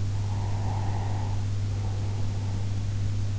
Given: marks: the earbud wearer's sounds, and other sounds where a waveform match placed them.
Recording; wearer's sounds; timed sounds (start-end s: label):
sounds in sleep by an in-ear microphone; breath
0.21-3.12 s: breath